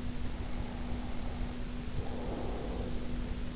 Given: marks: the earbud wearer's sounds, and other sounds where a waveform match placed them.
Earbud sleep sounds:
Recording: sounds in sleep by an in-ear microphone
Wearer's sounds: breath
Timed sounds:
0.22-3.50 s: breath

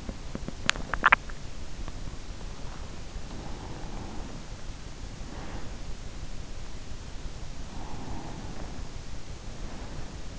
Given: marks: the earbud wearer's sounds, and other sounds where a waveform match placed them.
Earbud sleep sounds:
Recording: sounds in sleep by an in-ear microphone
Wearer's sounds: teeth grinding, breath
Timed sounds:
0.68-1.48 s: teeth grinding
3.36-6.18 s: breath
7.25-10.39 s: breath

